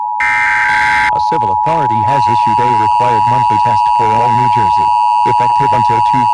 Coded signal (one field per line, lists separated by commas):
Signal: Emergency Alert System (SAME) tones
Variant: 853 and 960 Hz attention tone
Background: speech